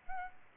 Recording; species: mosquito wingbeat signal from an infrared sensor; Aedes albopictus